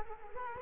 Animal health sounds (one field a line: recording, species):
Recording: mosquito wingbeat signal from an infrared sensor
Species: Culex quinquefasciatus